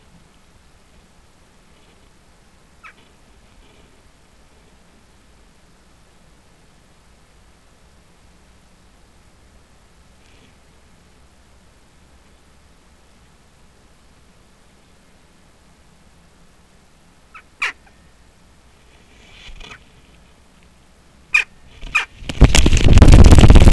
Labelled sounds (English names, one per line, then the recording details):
Western Jackdaw call
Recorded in Germany in the breeding season of 2015
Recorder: a small backpack on a wild male jackdaw